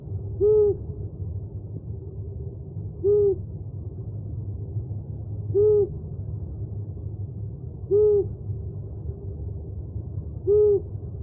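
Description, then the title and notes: Owl calls in even series, five brief deep hoots spaced about two and a half seconds apart, a soft low drone underneath. Part of a compilation of 69 call variants from 11 owl species. "Sovy - Eulen - Owls. 69 variant hlasů - 11 druhů sov"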